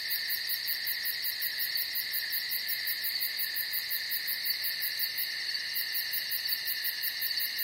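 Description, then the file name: Shrill cricket chirping, steady and continuous, with quick evenly spaced pulses and a brief gap in the top pulses midway. "Strekotanie sverchka"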